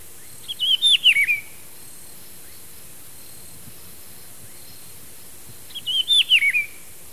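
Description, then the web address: Rufous-browed peppershrike song, a rich warbled whistled phrase given twice about five seconds apart. Recorded in Ecuador. "Birds of Ecuador. Rufous-browed Peppershrike"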